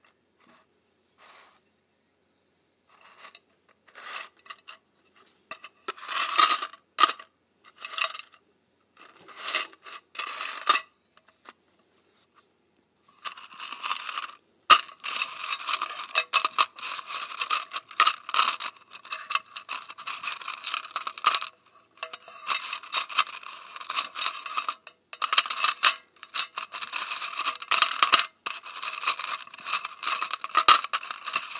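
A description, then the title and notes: Paperclips and safety pins rattle and scrape close by in a quiet room, first in short bursts, then in dense, bright, continuous jingling after fifteen seconds. ASMR Paperclips and Safety Pins.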